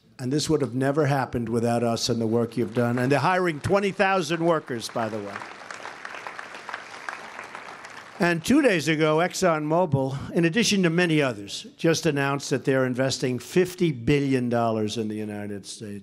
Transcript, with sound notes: And this would have never happened without us and the work you’ve done. And they’re hiring 20,000 workers, by the way. (Applause.) And two days ago, ExxonMobil, in addition to many others, just announced that they are investing $50 billion in the United States.